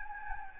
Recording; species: mosquito wingbeat signal from an infrared sensor; Anopheles gambiae